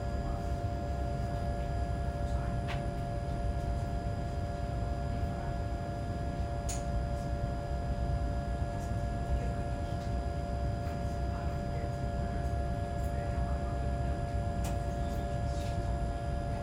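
A steady low rumble and hum fills the whole recording, with a few thin constant tones sitting above it. Sparse short clicks and ticks appear now and then, notably around 2.5, 6.5 and 14.5 seconds, without crowding the even drone.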